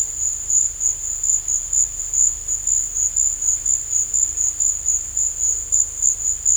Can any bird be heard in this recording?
no